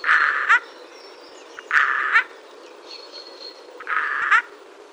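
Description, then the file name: Eurasian jay uttering three rough, raspy screeches spaced about two seconds apart, with a thin high whistle from another bird in between. "Garrulus glandarius"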